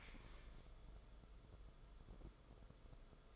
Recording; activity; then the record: daily activity, microphone in the room; stand up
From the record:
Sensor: 5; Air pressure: 994.6 hPa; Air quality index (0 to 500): 185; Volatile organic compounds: 1000 ppm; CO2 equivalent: 5406 ppm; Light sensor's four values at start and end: 24/61/25/30 and 24/60/25/30